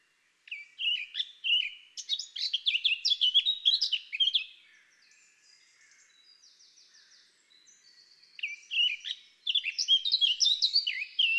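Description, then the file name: Eurasian blackcap song: rapid, varied warbling notes, a subdued scratchy interlude, then a second loud burst of quick fluty phrases. "Sylvia atricapilla"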